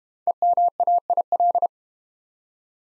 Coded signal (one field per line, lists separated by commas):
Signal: Morse code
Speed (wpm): 31 wpm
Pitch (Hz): 700 Hz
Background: none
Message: EMAIL